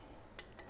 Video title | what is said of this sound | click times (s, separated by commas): Engine Bore and Stroke Explained - K24 RBB | i like the feeling of the positive clicks no boops and bops | 0.4 s